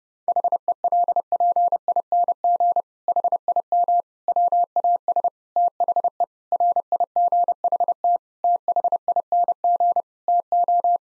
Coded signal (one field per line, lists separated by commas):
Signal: Morse code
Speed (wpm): 30 wpm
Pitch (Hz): 700 Hz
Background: none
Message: HELPING HIM WAS THE RIGHT THING TO